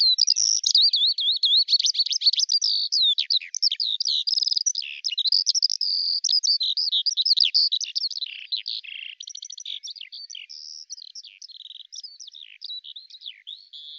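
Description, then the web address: Bird calls, a dense run of high chirps, trills and twittered notes, rapid and continuous, fading slightly toward the end. "Deverinetal 2025 File cleaned normalized Bird Al Ar"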